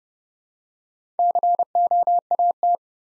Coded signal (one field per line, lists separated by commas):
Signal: Morse code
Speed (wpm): 30 wpm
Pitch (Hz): 700 Hz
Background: none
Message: COAT